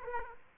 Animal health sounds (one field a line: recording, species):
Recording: mosquito wingbeat signal from an infrared sensor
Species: Aedes aegypti